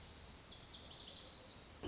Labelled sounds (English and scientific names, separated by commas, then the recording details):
Lazuli Bunting (Passerina amoena)
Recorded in Sonoma County, California